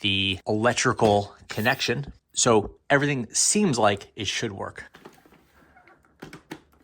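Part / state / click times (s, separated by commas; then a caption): wet roller mop head onto cordless stick vacuum / seated / 6.5 s. Someone talks, then a Dyson V15s wet roller mop head is joined to a cordless stick vacuum body at its plastic coupling with an electrical connection, with several small clicks from about 5.1 s. It clicks in and seats at 6.5 s.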